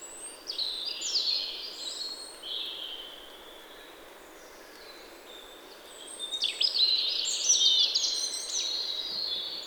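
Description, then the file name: European robin song: high, tinkling, varied phrases, one burst early and another after a pause of several seconds, over soft steady hiss. "Erithacus rubecula"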